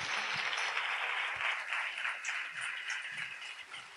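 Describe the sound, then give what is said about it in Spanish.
A crowd at the 2013 Archidona Carnival proclamation applauds the singers steadily, a dense, even wash of many hands clapping that holds at a constant level for several seconds before easing slightly at the end. “Un fuerte aplauso para todas ellas.”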